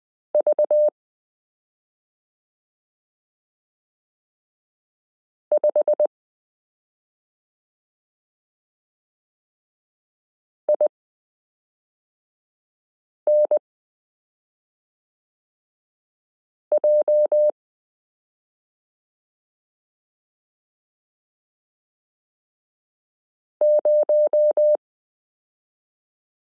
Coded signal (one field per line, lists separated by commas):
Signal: Morse code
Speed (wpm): 20 wpm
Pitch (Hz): 600 Hz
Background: none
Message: V5INJ0